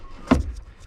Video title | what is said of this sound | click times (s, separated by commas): 2022 Ford F150 STX Cabin Air Filter Replacement | up there it goes it clicked in so there we go | 0.3 s